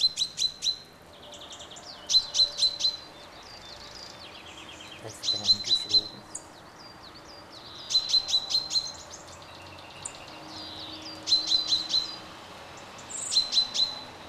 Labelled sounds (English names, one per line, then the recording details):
Common Chaffinch call
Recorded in the wild
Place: Gryon, Kanton Waadt, CH
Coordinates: 47.2742, 7.06417
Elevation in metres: 1125
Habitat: mountains
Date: 1986-03-20
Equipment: Uher 4000 Report, Sennheiser MKH 815 T
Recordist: Tretzel, Erwin